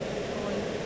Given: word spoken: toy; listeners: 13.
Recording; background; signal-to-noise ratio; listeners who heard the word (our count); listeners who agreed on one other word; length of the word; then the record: one English word in noise, from a listening test; speech-shaped noise; -5.4 dB; 1 of 13; 10 of 13; 0.46 s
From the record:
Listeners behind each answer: 10, 1, 1, 1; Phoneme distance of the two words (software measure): 17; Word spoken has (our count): 1 syllable, 2 phonemes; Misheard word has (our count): 1 syllable, 3 phonemes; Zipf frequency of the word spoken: 4.39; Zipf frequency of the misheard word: 4.05